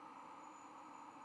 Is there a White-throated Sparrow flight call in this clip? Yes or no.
no